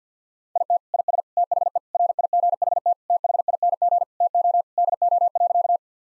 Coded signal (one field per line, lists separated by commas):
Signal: Morse code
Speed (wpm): 49 wpm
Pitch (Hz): 700 Hz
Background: none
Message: IT IS THE RIGHT THING TO DO.